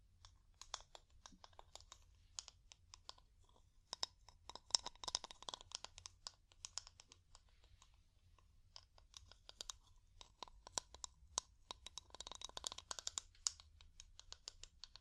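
Wood tapping in quick, irregular bursts of small dry clicks, dense at times and sparse in others, with near pauses around 3 and 8 seconds. The clicks are crisp and bright, with a faint low hum running steadily underneath.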